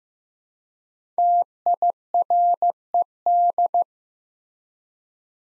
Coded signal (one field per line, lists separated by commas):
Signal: Morse code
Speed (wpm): 15 wpm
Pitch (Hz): 700 Hz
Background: none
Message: TIRED